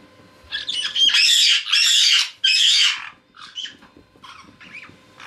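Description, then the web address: Caique giving loud, harsh squawks in a burst of three long calls, followed by shorter, softer chattering notes. Parrot of genus Pionites, described as having become playful and worked up. "ryzhegolovyj razygralsya. parrots pionites"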